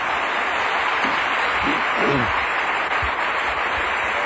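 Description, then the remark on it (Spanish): An audience at a Christian sermon applauds the Lord, clapping steadily for about four seconds, a dense, even wash of hand claps with a few faint voices calling out underneath. “Si está entendiendo, denle un aplauso al Señor.”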